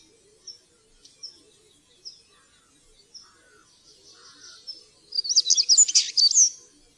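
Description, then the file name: European stonechat song: several soft high chips and faint notes, then a brisk scratchy, jumbled warble lasting about a second and a half near the end. "svartstrupe"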